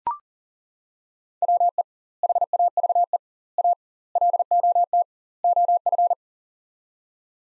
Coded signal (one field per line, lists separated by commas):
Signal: Morse code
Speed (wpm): 40 wpm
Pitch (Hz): 700 Hz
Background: none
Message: WE HAVE A LOT OF